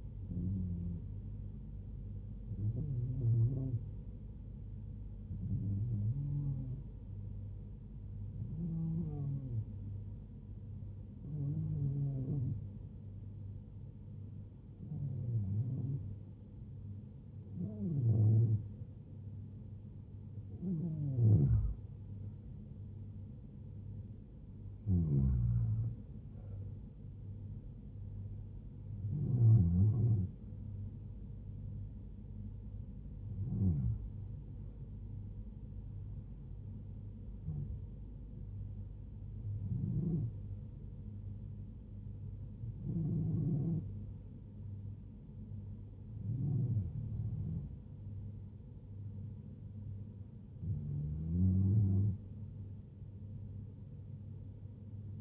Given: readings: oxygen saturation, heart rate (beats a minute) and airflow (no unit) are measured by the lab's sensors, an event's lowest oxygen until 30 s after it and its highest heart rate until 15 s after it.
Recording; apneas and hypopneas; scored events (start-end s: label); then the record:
breathing in sleep by a smartphone at the bedside; none
none scored
From the record:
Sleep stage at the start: REM sleep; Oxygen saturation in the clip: 95 to 97%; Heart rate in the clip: 78 to 85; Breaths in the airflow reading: 18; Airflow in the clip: -4.4 to 5.1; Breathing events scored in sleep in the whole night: 158 in 7.3 hours asleep